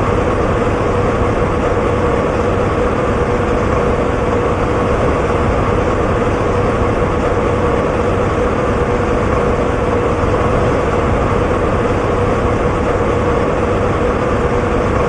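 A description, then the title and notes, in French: An air conditioner makes a steady, enveloping roar that never changes over the whole stretch. The sound is dense and low-heavy, with a faint constant hum riding on top and no separate events or pauses. Le climatiseur crée un bruit blanc doux et régulier. Le bruit enveloppant d'un climatiseur.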